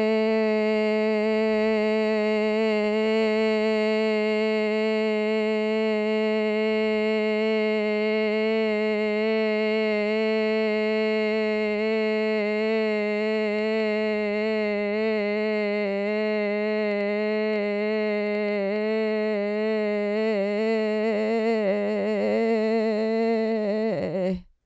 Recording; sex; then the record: sustained vowel /e/; female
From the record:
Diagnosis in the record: Parkinson's disease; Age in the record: 54 years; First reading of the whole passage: 55 s, 9.4 characters per second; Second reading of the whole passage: 50 s, 10.4 characters per second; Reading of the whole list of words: 55 s, 5.1 characters per second